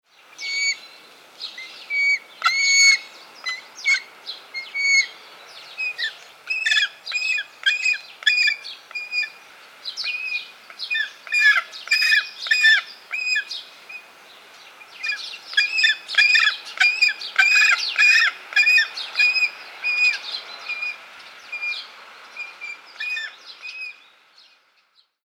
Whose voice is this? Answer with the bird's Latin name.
Falco rusticolus